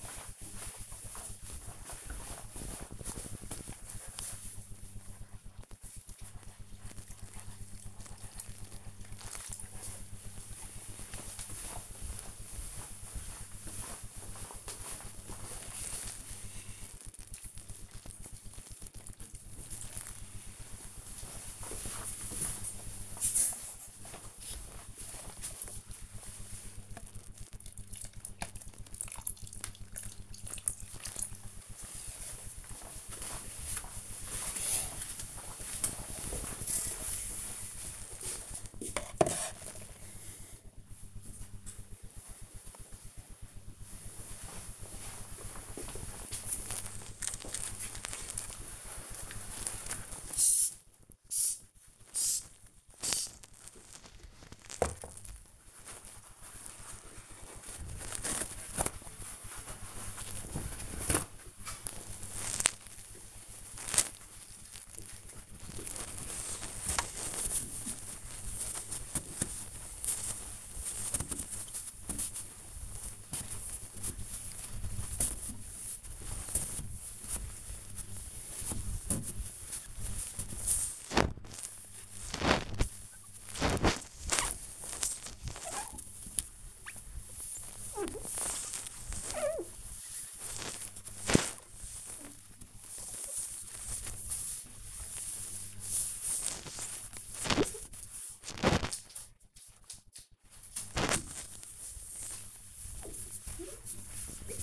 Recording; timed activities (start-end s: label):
household activities, microphone on the right wrist
0.00-30.78 s: watering plant
48.93-104.63 s: window cleaning